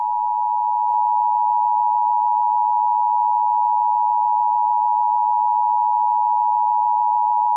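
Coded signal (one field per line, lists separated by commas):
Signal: Emergency Alert System (SAME) tones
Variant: 853 and 960 Hz attention tone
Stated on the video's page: Fictional mega-disaster alert scenario.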